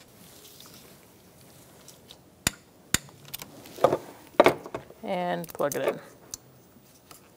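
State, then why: Not seated. A wiring harness electrical connector is handled as it is about to be pushed onto the ignition coil of a 2012–2018 Ford Focus 2.0L L4 engine during a spark plug replacement. Someone talks while sharp, brief plastic-like knocks and taps are heard, loudest near 2.5, 2.9 and 4.4 seconds, against a quiet background. Nothing has seated or clicked yet when the clip ends.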